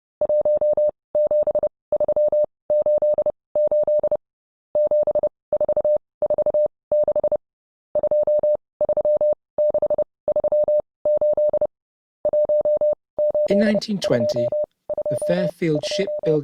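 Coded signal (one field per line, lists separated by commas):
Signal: Morse code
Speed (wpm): 30 wpm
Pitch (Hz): 600 Hz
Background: speech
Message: 17388 7446 23638 18222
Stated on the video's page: Recreation accompanying a WW2 account of a cable repair ship's encounter with U-boats while leading convoy RS-3 off Western Sahara.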